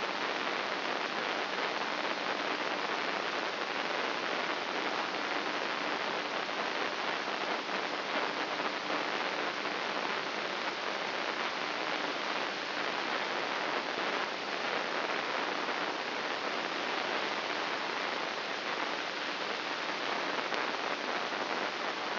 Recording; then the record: brain microelectrode recording played as sound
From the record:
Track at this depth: inside the subthalamic nucleus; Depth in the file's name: 3.42 mm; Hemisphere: left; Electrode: 3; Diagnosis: Parkinson's disease